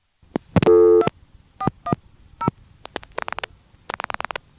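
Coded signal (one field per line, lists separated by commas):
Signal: DTMF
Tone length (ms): 70 ms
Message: 2410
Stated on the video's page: ITT Pentaconta crossbar switch in Asheboro, North Carolina, recorded in summer 1986.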